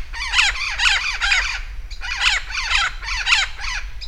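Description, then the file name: Vinaceous-breasted amazon giving harsh, squawking calls in quick bursts of two or three, each note arching down, repeated roughly twice a second with brief pauses between groups. Recorded in Campos do Jordão State Park, São Paulo state, Brazil, on 3 December 2009. "Amazona-vinacea-PECampos-do-Jordao SP-Brazil-3-12-09-ASilveira"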